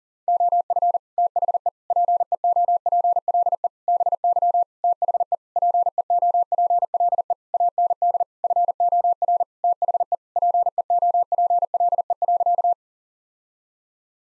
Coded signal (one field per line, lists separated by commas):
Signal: Morse code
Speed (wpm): 40 wpm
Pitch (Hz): 700 Hz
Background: none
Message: OF THE PEOPLE BY THE PEOPLE AND FOR THE PEOPLE.